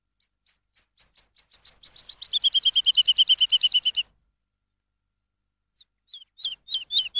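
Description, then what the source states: Lark song: a run of high, evenly spaced notes speeding up into a rapid ringing trill, a short pause, then several quick slurred phrases. Lark song used as a tutor for training songbirds.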